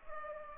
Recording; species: mosquito wingbeat signal from an infrared sensor; Culex pipiens